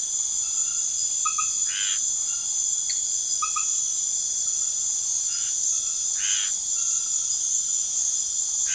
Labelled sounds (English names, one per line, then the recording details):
none
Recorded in secondary vegetation near Puerto Asís, Putumayo, Colombia, on 12 March 2025 at 23:00
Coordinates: 0.489, -76.322
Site G042